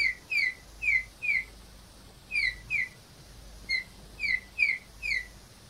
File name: P cineracea